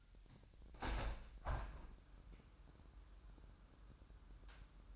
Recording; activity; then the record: daily activity, microphone in the room; open window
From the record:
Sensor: 2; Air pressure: 998.5 hPa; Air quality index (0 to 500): 128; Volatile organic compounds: 3 ppm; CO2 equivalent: 1454 ppm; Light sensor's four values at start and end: 6/14/6/6 and 6/15/6/7